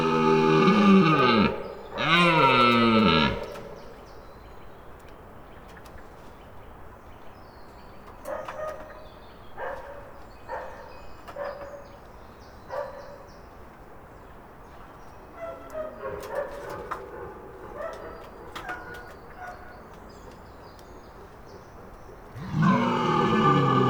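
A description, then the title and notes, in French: A red deer stag bellows at the start, two long, rough, rising-and-falling roars in the first few seconds, and again in the final seconds. Between them, fainter calls and short chirps come and go over a low, steady outdoor hush. BRAME DANS LE JARDIN. Gîte des Fourquets - Serres sur Arget - Ariège - Nagra LB - Cardioïde mkh40. Voici le résultat du passage d'un cerf au petit matin à une vingtaine de mètres de la fenêtre. Entendre bramer les cerfs dans les jardins (non clots) autour du gîte.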